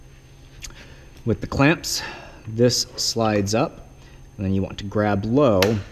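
A ratcheting clamp on a track saw guide rail is handled and slid up while someone talks, with a brief sharp sound near 0.7 s and faint handling noise between the words. Nothing has seated or clicked yet; the clamp has not locked onto the guide.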